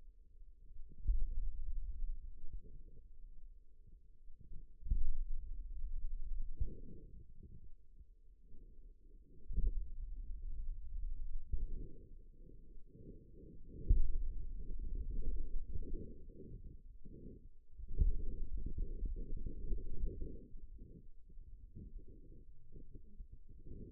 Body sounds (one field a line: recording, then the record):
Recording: forearm muscle sounds (acoustic myography)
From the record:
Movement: finger pinch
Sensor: system 2, bracelet of six BSWA MPA416 microphones around the upper forearm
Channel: 4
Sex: male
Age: 22 years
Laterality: right